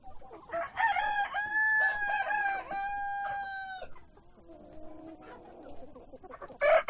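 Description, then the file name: Chicken crowing: one long steady crow of about three seconds, then low clucking and the start of another crow. Chickens on a chicken farm. "west wolf Chicken farm"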